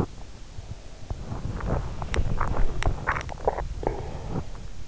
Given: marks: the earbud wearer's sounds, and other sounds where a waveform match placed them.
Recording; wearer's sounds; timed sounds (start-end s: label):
sounds in sleep by an in-ear microphone; body movement, teeth grinding, breath
0.92-4.64 s: body movement
2.63-3.73 s: teeth grinding
3.86-4.64 s: breath